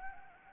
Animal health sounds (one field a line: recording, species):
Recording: mosquito wingbeat signal from an infrared sensor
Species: Anopheles gambiae